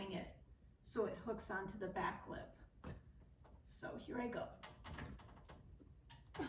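Someone talks while the plastic headrail of a Select Blinds cordless cellular shade is handled, ready to be swung up so its back lip hooks onto the metal mounting brackets above a three-panel sliding patio door. Brief handling knocks are heard around 2.8 s and 5.0 s. Nothing has seated or clicked yet.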